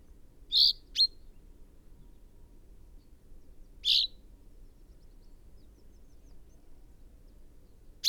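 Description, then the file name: Common chaffinch calls, two bright clipped notes followed by a single note about three seconds later, over a quiet background. "Fringilla coelebs"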